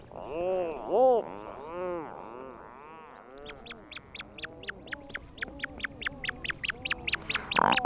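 Rhinoceros auklet calls, low arched groans fading into a rapid series of sharp clicks repeated several times a second.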